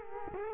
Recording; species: mosquito wingbeat signal from an infrared sensor; Culex quinquefasciatus